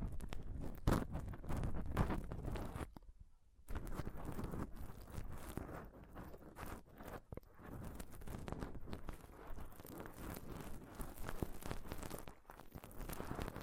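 Scratching and touching on a microphone, a dense, crackly rustle that runs almost without pause. Sharp scrapes and knocks come thick and irregular, with louder thumps near one and two seconds. A brief near-silent gap falls around three seconds before the rough friction resumes.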